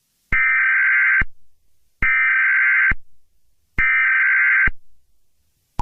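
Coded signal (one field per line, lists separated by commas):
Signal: Emergency Alert System (SAME) tones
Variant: header bursts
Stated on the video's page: Mock EAS alert, made with text-to-speech and Audacity.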